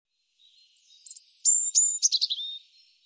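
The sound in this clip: European robin song: a thin high opening note, then a fast run of tinkling, trilled notes that descend toward the end, over a quiet, clean background.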